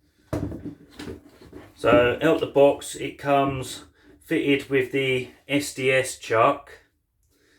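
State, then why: Released. An 18V Bosch Professional ProCORE battery pack is released from a Bosch GBH18V34PC8 BITURBO SDS-Max cordless drill by pressing the button on the end of the pack and sliding it off the battery mount. Sharp clicks are heard at 0.3 s and 1.0 s, then someone talks. The battery pack comes free of the drill.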